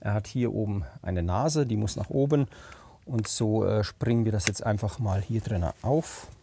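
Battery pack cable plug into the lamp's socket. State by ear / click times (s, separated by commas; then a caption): not seated / none. Someone talks while the small cable plug from the battery pack of a GEV LED Strahler 3W LPL 140° lamp is handled at its socket on the lamp, the plug being keyed by a nose that must face up. The plug is being lined up to be pressed in, but nothing has seated or clicked yet.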